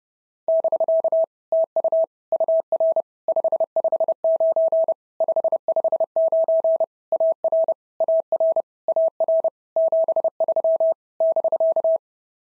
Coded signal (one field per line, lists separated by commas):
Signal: Morse code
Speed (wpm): 30 wpm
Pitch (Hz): 650 Hz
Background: none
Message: <BK> TU UR 559 559 AR AR AR 73 <BK>